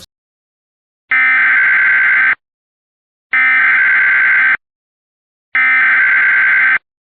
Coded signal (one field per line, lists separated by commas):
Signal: Emergency Alert System (SAME) tones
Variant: header bursts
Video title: EAS Mock: Flash flooding in Yellowstone.